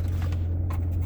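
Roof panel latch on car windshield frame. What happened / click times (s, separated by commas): The latch snapped open / 0.7 s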